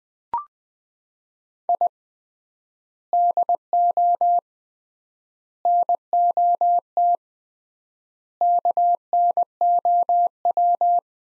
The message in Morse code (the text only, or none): I DO NOT KNOW